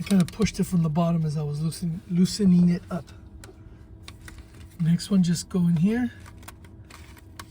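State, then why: Seated. A replacement mirror control switch for a 2004-2009 vehicle is pushed into its opening in the plastic dash trim panel while someone talks, with small handling clicks along the way. It snaps into place with a sharp click at 7.4 s and is seated.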